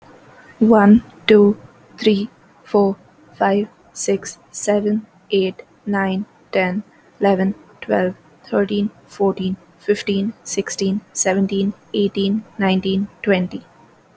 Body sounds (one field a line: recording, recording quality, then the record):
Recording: counting at a normal pace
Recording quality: moderate, slight background noise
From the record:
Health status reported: healthy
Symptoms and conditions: none ticked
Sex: female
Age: 22 years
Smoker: not ticked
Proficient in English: yes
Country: India